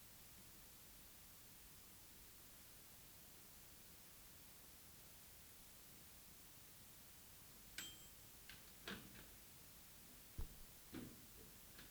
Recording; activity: daily activity, guitar pickup as the sensor; use microwave